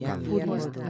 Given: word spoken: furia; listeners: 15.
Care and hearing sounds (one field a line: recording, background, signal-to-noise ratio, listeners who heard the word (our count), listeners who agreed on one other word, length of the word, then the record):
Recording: one Spanish word in noise, from a listening test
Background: four-talker babble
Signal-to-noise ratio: -0.7 dB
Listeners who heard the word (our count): 0 of 15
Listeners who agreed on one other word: 9 of 15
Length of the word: 0.50 s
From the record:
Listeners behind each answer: 9, 1, 1, 1, 1, 1, 1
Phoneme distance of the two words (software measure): 41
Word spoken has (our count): 2 syllables, 5 phonemes, stress on syllable 1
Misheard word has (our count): 2 syllables, 6 phonemes, stress on syllable 1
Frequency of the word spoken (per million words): 13.67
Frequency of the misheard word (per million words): 105.77